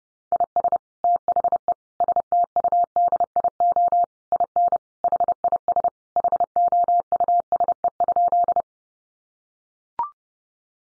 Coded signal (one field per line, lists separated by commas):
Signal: Morse code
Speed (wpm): 30 wpm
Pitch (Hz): 700 Hz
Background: none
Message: IS THE STUDIO IN HIS HOUSE?